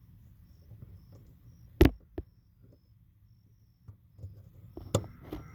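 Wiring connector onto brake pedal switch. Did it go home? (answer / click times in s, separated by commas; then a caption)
yes / 1.8 s, 5.0 s. A wiring harness connector is pushed back onto the brake pedal switch of a 2017–2019 Hyundai Elantra (key-start model without push-button start) during a remote start installation. Sharp clicks are heard at 1.8 s and 5.0 s against quiet rustling and a few smaller taps. The connector is seated on the switch.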